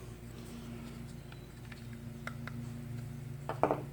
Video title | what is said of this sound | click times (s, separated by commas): How to clean and rebuild your tank mounted carburetor on a Briggs and Stratton. | So you should hear it snap in. There you go. Hear it snap when it's in there. | 3.6 s